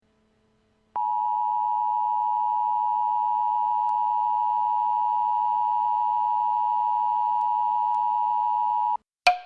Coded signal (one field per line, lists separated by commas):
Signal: Emergency Alert System (SAME) tones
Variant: 853 and 960 Hz attention tone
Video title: Emergency Alert System: "The Great Toilet Paper Riot"